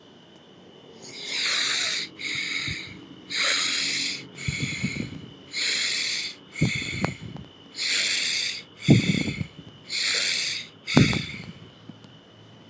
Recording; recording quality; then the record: deep breathing; excellent, no background noise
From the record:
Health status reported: healthy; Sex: male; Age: 41 years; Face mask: not worn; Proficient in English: yes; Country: India